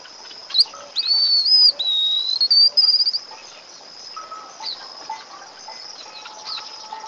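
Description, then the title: White-naped xenopsaris giving a high, thin, undulating warbled phrase lasting about two seconds, with a constant high-pitched tone and faint chirps in the background. "LuckyPassaro Completos2Sama. White-naped Xenopsaris (Xenopsaris albinucha)"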